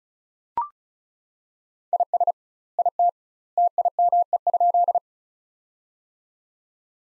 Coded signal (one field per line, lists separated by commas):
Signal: Morse code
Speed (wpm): 36 wpm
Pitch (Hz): 700 Hz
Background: none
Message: IS IT TIME?